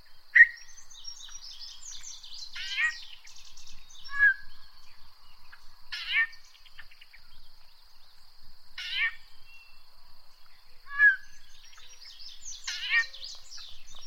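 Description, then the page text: Yellow-breasted chat song: varied phrases of sharp chips, rattles and short whistles, repeated at short intervals, with a thin steady high hum throughout. "Chris Parrish - Иктерия (Icteria virens)"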